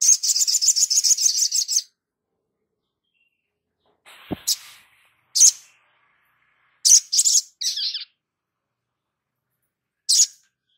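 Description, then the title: Spiderhunter song: a fast high trill of repeated notes, then scattered sharp chips and short twittered phrases with pauses between them. Masteran (training recording for cage birds), Labaik variant. "Sogok Ontong Labaik"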